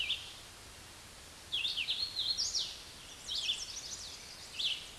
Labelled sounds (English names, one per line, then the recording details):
Hooded Warbler song
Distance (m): 30 m
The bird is about 20 m above the microphone
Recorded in a Pennsylvania forest on 16 May 2024 at 08:38
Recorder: AudioMoth, point MSD-2258
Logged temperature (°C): 15.2 °C
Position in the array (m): 152 m, 104 m